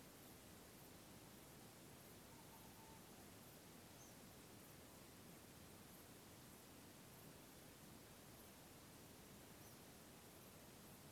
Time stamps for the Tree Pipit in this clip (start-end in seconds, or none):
3.98-4.13, 9.60-9.75